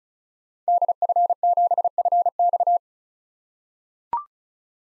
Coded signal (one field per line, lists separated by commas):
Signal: Morse code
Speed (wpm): 36 wpm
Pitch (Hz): 700 Hz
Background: none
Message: DF7FX